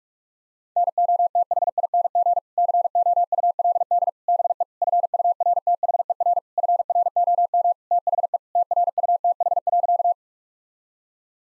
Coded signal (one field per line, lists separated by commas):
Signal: Morse code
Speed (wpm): 48 wpm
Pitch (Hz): 700 Hz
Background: none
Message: NOTHING COULD BE FURTHER FROM THE TRUTH.